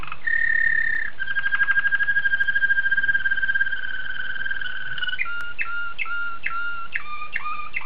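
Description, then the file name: Waterslager canary song: a pure held note, a long rolling trill, then a run of choppy stepped notes repeated in quick succession. "suara kenari waterslager"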